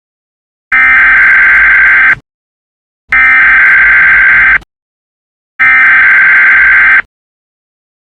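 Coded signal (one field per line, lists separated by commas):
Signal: Emergency Alert System (SAME) tones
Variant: header bursts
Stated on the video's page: Simulated EAS tones from a fictional film scenario about China at war with Hong Kong.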